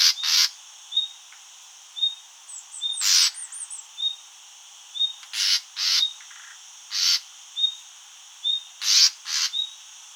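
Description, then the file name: Common nightingale repeating short level whistles, interspersed with harsh rasping bursts and one quick run of higher notes. "Luscinia megarhynchos"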